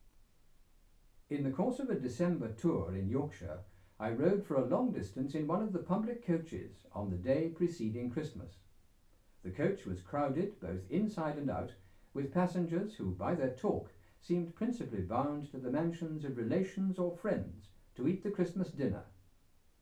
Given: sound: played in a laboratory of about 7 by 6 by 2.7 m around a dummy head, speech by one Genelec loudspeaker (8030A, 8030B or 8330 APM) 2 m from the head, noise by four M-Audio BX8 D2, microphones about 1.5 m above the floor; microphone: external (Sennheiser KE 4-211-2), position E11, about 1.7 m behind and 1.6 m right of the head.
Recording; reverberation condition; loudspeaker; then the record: male speech in English; low; 90 degrees to the right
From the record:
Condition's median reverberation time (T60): about 310 ms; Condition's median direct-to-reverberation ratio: about 3.5 dB